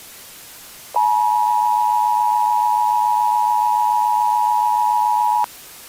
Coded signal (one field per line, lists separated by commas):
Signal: Emergency Alert System (SAME) tones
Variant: 853 and 960 Hz attention tone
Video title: EAS Scenario: Don’t Touch Grass (1)